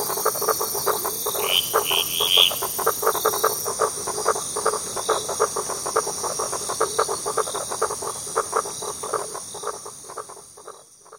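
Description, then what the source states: Frog chorus of many quick repeated croaks over continuous wave wash and a high steady tone, fading toward the end. Frogs with waves; echoed.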